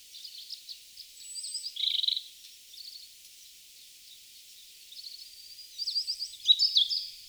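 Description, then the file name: European robin song: high ticking notes, a buzzy burst near two seconds, a quiet pause, then a louder tumbling run of thin whistles and trills. "Erithacus rubecula"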